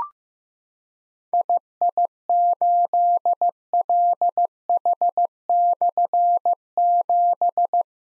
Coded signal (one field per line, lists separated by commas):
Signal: Morse code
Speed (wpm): 15 wpm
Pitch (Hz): 700 Hz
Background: none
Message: II8LH/7